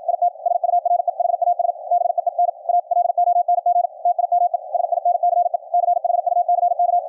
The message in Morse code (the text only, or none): IT SURE HAS BEEN A LONG TIME SINCE CHUCK